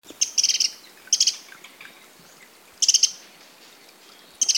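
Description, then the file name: Eurasian wren giving high, dry ticking rattles in quick bursts, four clusters of rapid clicks with short pauses between them. "Troglodytes troglodytes"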